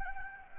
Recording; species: mosquito wingbeat signal from an infrared sensor; Anopheles gambiae